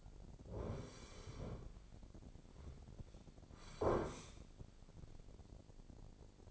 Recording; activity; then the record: daily activity, microphone in the room; sit down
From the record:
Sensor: 5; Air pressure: 1009.4 hPa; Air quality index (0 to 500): 154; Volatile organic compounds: 2 ppm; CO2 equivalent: 1182 ppm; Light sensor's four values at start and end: 283/676/289/317 and 283/677/289/317